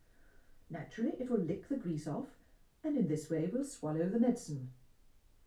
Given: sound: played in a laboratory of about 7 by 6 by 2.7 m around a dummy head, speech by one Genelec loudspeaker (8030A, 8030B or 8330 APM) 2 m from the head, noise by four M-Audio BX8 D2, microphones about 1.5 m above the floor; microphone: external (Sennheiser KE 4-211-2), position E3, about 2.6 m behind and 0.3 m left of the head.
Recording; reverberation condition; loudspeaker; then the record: female speech in English; low; 120 degrees to the right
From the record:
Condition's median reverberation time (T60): about 310 ms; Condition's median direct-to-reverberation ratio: about 3.5 dB